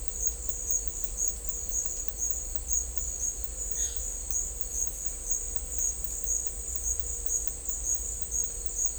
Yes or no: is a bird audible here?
yes